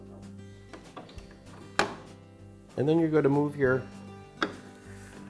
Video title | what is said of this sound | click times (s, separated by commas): DRYER REPAIR: How to Install the Control Board in Your Dryer - FIX.com | boards into the proper location. And this one just snaps in place. | 4.4 s